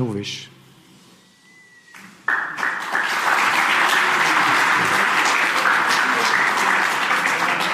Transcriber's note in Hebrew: מחיאות כפים